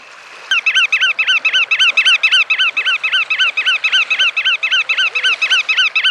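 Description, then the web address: Bar-tailed godwit giving a fast, even series of nasal calls, about four a second, continuing without pause after a brief silent start. "fagelljud nagra myrspov"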